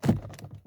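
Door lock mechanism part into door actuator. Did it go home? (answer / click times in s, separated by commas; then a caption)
no / none. A part of the door lock and handle mechanism on a VW Polo 6 is pushed in from inside the car toward the door actuator behind the door card. Only small rattling hits and a brief low thump are heard. Nothing has clicked or seated into place yet.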